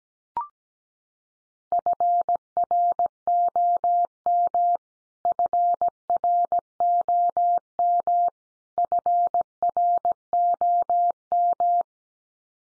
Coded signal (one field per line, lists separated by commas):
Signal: Morse code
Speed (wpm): 17 wpm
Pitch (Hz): 700 Hz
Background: none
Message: FROM FROM FROM